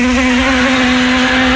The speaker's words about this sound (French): Et là, t'as toutes les guêpes du quartier qui déboulent.